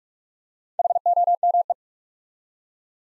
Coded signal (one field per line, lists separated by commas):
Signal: Morse code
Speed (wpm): 44 wpm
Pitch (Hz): 700 Hz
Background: none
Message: HOME